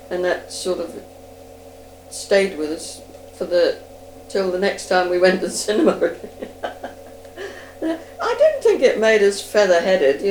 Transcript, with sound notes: And that sort of stayed with us for the-- till the next time we went to the cinema. [laughs] I don't think it made us feather-headed you know.